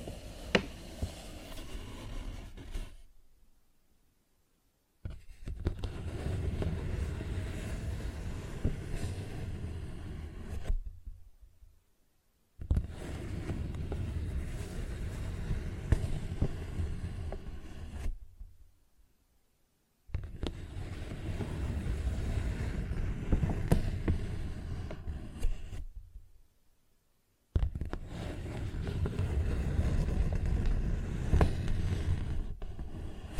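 Paper bag scratching and tapping comes in dense, rumbling bursts of several seconds each, separated by brief silences near 3, 11, 19 and 26 seconds.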